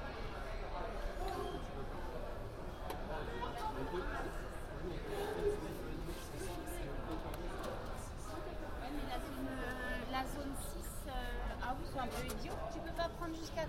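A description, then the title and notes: A crowd in London on New Year's Eve: overlapping voices and chatter fill the whole stretch, steady and dense with no pauses. A few voices stand out briefly, including a woman speaking, while a low rumble runs underneath throughout. A walk around London, new years eve.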